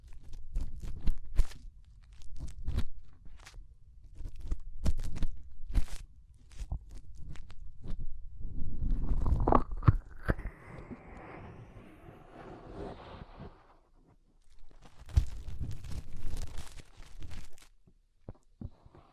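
Fingers work inside an ear, making dense, muffled rubbing and crunching noises with sharp crackles scattered throughout. Around nine to thirteen seconds a brighter scraping rustle swells and then fades. Low rumbling thuds come and go underneath, with quieter gaps near seven and fourteen seconds.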